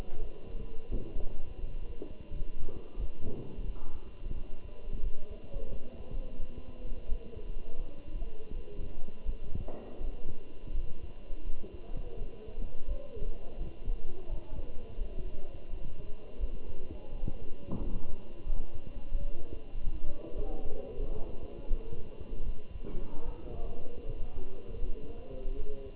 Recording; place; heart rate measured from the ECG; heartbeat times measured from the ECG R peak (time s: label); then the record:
heart sounds by stethoscope; between the tricuspid and mitral areas; 85 bpm
0.20 s: heartbeat
0.90 s: heartbeat
1.60 s: heartbeat
2.30 s: heartbeat
2.98 s: heartbeat
3.66 s: heartbeat
4.35 s: heartbeat
5.02 s: heartbeat
5.70 s: heartbeat
6.39 s: heartbeat
7.08 s: heartbeat
7.78 s: heartbeat
8.53 s: heartbeat
9.25 s: heartbeat
10.00 s: heartbeat
10.74 s: heartbeat
11.44 s: heartbeat
12.18 s: heartbeat
12.87 s: heartbeat
13.57 s: heartbeat
14.28 s: heartbeat
14.97 s: heartbeat
15.69 s: heartbeat
16.40 s: heartbeat
17.11 s: heartbeat
17.80 s: heartbeat
18.46 s: heartbeat
19.11 s: heartbeat
19.74 s: heartbeat
20.36 s: heartbeat
20.95 s: heartbeat
21.69 s: heartbeat
22.45 s: heartbeat
23.25 s: heartbeat
24.05 s: heartbeat
24.80 s: heartbeat
25.56 s: heartbeat
From the record:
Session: Bruce protocol treadmill stress test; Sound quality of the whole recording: good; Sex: male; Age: 27 years